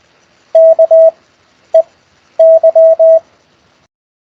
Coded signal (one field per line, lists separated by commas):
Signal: Morse code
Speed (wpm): 20 wpm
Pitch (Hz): 650 Hz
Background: none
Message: KEY